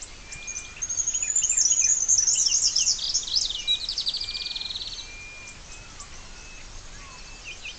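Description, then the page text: Splendid fairywren trilling in a high, rapid reeling phrase that descends and then buzzes steadily for over a second, with faint scattered chirps over a hissing background. "Трель птицы Блестящий расписной малюр (Malurus splendens)"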